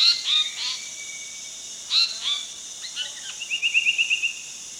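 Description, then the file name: Asian paradise flycatcher calls: harsh, descending chirps repeated every couple of seconds, ending in a short rapid run of buzzy notes, with a faint steady whistle behind. Calls and song at Danum. "asianparadise-flycatchercalls songdanum 08 edwards"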